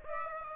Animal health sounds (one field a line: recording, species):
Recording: mosquito wingbeat signal from an infrared sensor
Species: Aedes aegypti